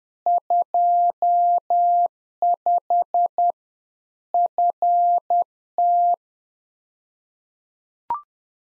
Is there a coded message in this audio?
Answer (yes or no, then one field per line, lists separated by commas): yes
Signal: Morse code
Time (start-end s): 0.3-6.1 s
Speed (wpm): 10 wpm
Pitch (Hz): 700 Hz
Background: none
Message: 25 FT